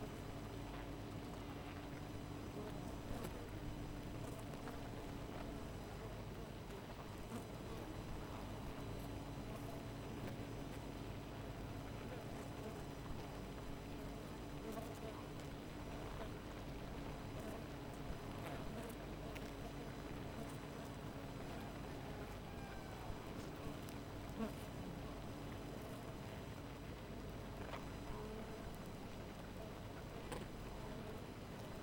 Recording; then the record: honeybee colony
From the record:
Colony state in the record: missing queen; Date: 14 July 2017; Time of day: 4:15